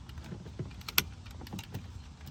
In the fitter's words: you'll hear a click if you've got three tabs one two and three right into your door jamb here